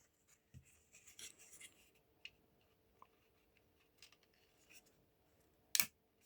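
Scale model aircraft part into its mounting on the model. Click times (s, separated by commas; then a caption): 5.8 s. A part for the other side of a scale Avro Lancaster bomber model is pushed into its mounting, with quiet rubbing and small handling ticks before a sharp snap at 5.8 s. The part seats and fits together easily.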